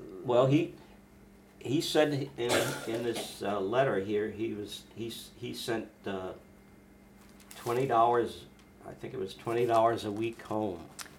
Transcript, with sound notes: Well, he — he said in (coughs) this uh letter here, he was --, he — he sent uh, twenty dollars, -- I think it was twenty dollars a week -- home.